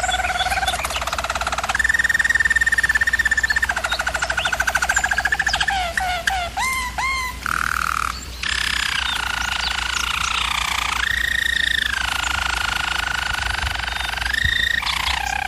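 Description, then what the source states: German Roller canary rolling song: long trilled tours changing pitch, a few quick rising whistles and breaks, then more sustained rolls, with a low hum throughout. German Roller canary singing, used for canary training.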